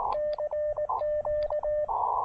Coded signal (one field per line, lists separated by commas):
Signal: Morse code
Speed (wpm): 19 wpm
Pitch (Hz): 600 Hz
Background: radio noise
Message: CQ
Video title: POTA Activation: New N0SA portable paddles & the Elecraft AX1 shows off. Again.